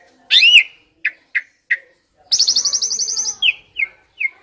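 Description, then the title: Asian pied starling song opening with a loud squawk, then short chips, a long buzzy rattle and three descending whistled notes. Training audio (masteran) for caged songbirds that sing too little or are sluggish. "Masteran Jalak Suren AMPUH Dan EFEKTIF Atasi Burung KURANG GACOR Dan LOYO"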